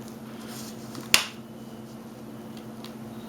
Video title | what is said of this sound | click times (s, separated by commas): Laptop screen replacement / How to replace laptop screen DELL INSPIRON N5010. | this is easy you got to be careful put your fingers inside and it'll just start snapping off you'll hear it | 1.1 s